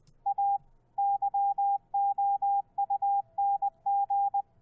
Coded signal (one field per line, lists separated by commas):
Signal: Morse code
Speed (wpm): 20 wpm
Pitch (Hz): 800 Hz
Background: none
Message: A YOUNG